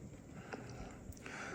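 During reassembly of a Hutt DDC56 window-cleaning robot, the motor assembly with its small rear circuit board is pressed into the plastic housing, with care taken that the board sits fully in place. Against a low background hum, short sharp clicks are heard at 0.5 s and 1.3 s, with lighter taps near 1.1 s and 1.2 s. The motor module seats firmly in the housing.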